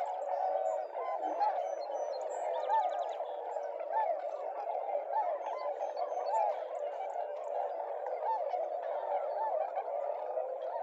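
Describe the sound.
Tundra swan flock, a dense continuous chorus of many overlapping calls.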